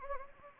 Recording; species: mosquito wingbeat signal from an infrared sensor; Anopheles gambiae